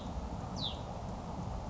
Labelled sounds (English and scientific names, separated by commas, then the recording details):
Hutton's Vireo (Vireo huttoni)
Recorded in Sonoma County, California